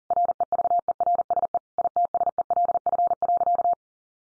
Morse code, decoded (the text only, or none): REVERSE ITSELF.